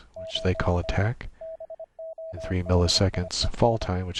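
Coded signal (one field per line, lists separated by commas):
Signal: Morse code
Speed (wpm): 25 wpm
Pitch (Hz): 650 Hz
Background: speech, radio noise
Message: ON BODIES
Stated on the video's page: Morse QSO over the internet, sent with ASIO straight key, iambic paddle and CW keyboard software, with audio routed through Mumble.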